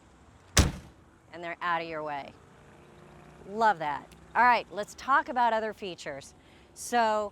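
The metal folding entry steps on an RV bedroom door are flipped up and dropped into their stowed bracket. They lock in place with a sharp, loud metallic click at 0.6 s. Someone then talks.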